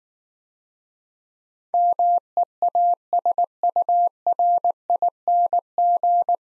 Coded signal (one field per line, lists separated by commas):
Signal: Morse code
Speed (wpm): 19 wpm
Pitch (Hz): 700 Hz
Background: none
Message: MEASURING